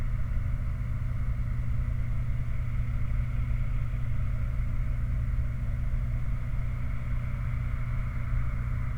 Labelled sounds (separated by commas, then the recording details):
machinery, flare stack
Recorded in the Prudhoe Bay oil fields, Alaska, on 29 July 2019 at 04:05
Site 29